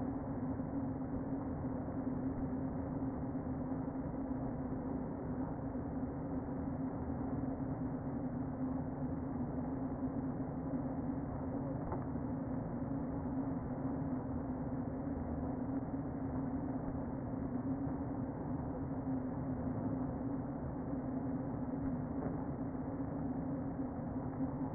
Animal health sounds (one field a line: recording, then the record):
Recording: honeybee colony, microphone inside the hive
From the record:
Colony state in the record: queen present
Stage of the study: before two queens were removed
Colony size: about 60,000 bees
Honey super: yes